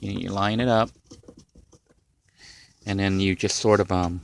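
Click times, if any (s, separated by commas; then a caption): none. Someone talks while lining up a laminate floor plank against the previous plank's click joint on the van floor before pressing it down. Light patter and soft taps from positioning the plank are heard between the speech, around 1.3 to 2.3 s. The plank has not locked or clicked into place yet.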